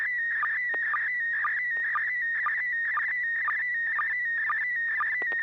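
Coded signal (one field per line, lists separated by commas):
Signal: SSTV (slow-scan television)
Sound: warbling, buzzing tone scanning across pitch, punctuated by regular low chirps about twice a second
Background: low hum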